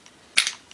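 During firing pin reassembly on a Taurus PT145 pistol, a part set facing down is popped into place in the metal slide or frame. A sharp, bright snap at 0.4 s is followed by a brief rattle around 0.5 s, and then a faint tick near 0.7 s. The part is seated.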